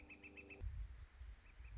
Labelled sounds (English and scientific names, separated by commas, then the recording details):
Northern Flicker (Colaptes auratus)
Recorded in Sonoma County, California